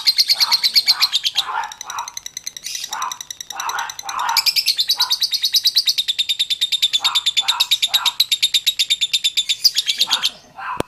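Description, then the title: Oriental magpie-robin song: shrill rapid trills running almost throughout, mixed with bursts of lower, fuller notes repeated in short groups, ending with a click. Chirping song. "Kicau Kacer"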